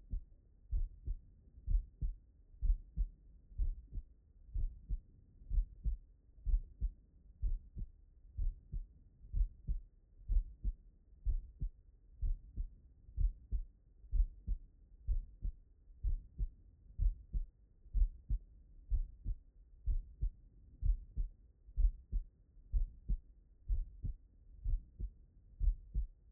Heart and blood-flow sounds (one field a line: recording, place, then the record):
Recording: heart sounds by stethoscope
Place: tricuspid valve (TV)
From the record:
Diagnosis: non-HFrEF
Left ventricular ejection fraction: 71%